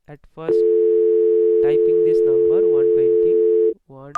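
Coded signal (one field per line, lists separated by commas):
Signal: telephone call progress tone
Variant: North America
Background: speech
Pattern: dial tone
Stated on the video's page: Simulated Cisco Packet Tracer network of five IP phones, dialing extensions.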